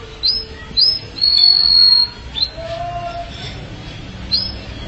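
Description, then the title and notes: Canary song: quick upslurred notes, a long level high whistle, then a softer lower whistle and one more chirp, with a faint low tone beneath. "BM Suara Kenari. BM Suara Burung Kenari"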